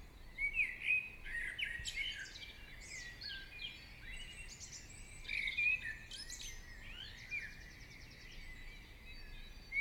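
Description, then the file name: Several birds sing together, twittering, whistled slurs and a rapid rattling trill over steady low background hiss. Birds singing in the morning. "Chants Oiseaux du Matin"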